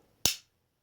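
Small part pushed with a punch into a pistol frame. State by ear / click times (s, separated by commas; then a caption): seated / 0.3 s. A small part is pushed with a punch into a polymer Glock pistol frame during reassembly. One sharp, bright click is heard at 0.3 s and fades quickly. The part seats into place.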